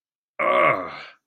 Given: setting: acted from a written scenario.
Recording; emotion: vocal sound without words; disgust